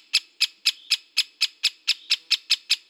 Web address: Dendrocopos major